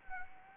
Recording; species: mosquito wingbeat signal from an infrared sensor; Anopheles arabiensis